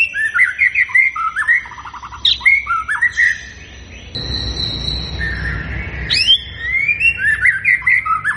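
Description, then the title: White-rumped shama song of quick bubbling whistled notes, a sustained high tone midway over a soft rushing hiss, then more rapid rising and falling phrases. Lure song to make the bird respond; constantly singing bird. "PANCINGAN MURAI BATU GACOR, LANGSUNG RESPON"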